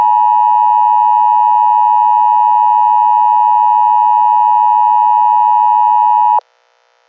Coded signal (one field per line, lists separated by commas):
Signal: Emergency Alert System (SAME) tones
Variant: 853 and 960 Hz attention tone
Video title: EAS scenario: Reanimation Syndrome (zombie apocalypse)